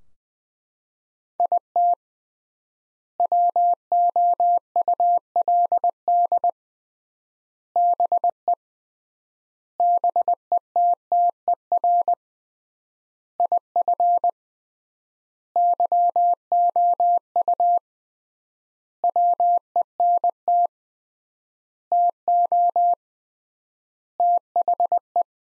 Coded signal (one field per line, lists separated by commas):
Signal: Morse code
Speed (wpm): 21 wpm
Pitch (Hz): 700 Hz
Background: none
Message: IT WOULD BE BETTER IF YOU WENT TO THE